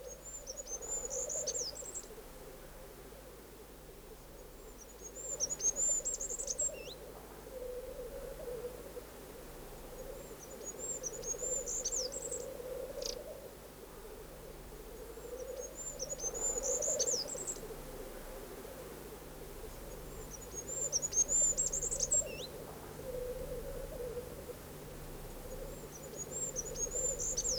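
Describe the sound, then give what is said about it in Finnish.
A goldcrest, recorded with a parabolic microphone, sings thin, very high-pitched rhythmic phrases, repeated roughly every five seconds, over a steady low droning background with no talking. “Nyt asennamme paraboliantenni niin, että paremmin kuulisimme hippiäisen rytmikkään laulu.”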